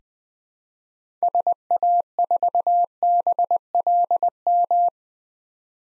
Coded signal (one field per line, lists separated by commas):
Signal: Morse code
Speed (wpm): 20 wpm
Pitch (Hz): 700 Hz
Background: none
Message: SA4BLM